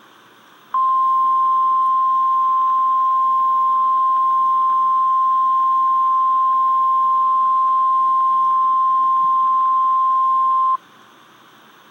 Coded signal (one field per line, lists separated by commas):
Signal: Emergency Alert System (SAME) tones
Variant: 1050 Hz attention tone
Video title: REAL EAS 889-Required weekly test